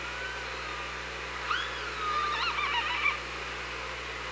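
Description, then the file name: Killer whale calls as wavering, modulated tonal sounds rising and falling together for about two seconds above a constant low hum. OrcaLab hydrophone, 24 August 2017, 17:25. "Orca Lab 20170824 172504"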